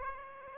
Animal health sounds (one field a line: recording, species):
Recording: mosquito wingbeat signal from an infrared sensor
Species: Aedes aegypti